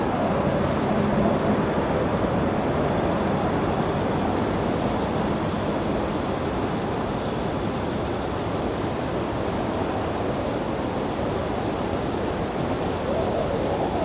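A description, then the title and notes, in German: An outdoor recording in the Atlas Mountains at the edge of the Western Sahara. A dense, high insect chirring pulses at a quick, regular rate throughout, over a constant low rumble like wind or an engine. The level stays even from start to finish. Natur - Atlasgebirge Marokko. Aufnahme vom Atlasgebirge am Rande der Westsahara.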